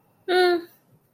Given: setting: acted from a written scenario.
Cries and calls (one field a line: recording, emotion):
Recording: vocal sound without words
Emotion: neutral